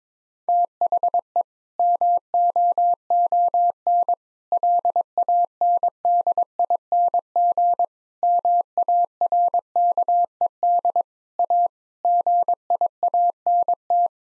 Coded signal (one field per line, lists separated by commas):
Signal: Morse code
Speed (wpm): 22 wpm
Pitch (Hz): 700 Hz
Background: none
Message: THE MOON LANDING MARKED A GIANT